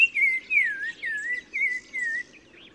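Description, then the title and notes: Black-crowned tchagra song of five clear whistled notes, each slurring down and wavering, evenly spaced and gently falling in pitch, ending in near quiet. Recorded 15 March 2000 in spring at Oued Massa, Morocco, in gardens around Zaouit Massa village at the river mouth; sings in hedges and bushes a repeated phrase; Nagra Ares BB, Telinga pro6. "OISEAU TELEPHONE. 15 mars 2000-Oued Massa - Maroc. le Téléphone tchagra (Tchagra senegalus - Black-crowned Tchagra) qui se fait remarquer par sa phrase répétée du plus bel effet"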